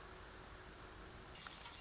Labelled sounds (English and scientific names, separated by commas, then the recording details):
Common Raven (Corvus corax)
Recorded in Sonoma County, California